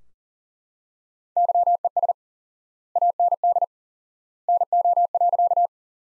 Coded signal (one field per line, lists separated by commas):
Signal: Morse code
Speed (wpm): 38 wpm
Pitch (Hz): 700 Hz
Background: none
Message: YES AND NO.